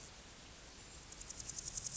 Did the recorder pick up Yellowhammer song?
no